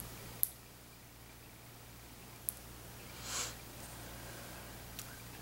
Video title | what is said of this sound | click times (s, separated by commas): Autohemotherapy | cover the needle if you can hear it click | 0.4 s